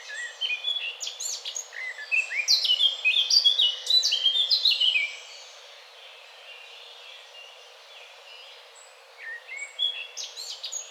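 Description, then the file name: Eurasian blackcap song: a dense five-second burst of rapid, varied high notes, then several seconds of quiet before a short phrase resumes. "Sylvia atricapilla"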